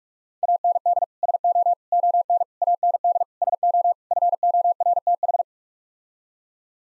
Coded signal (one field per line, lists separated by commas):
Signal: Morse code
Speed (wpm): 47 wpm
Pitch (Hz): 700 Hz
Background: none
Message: AND SO ON AND SO FORTH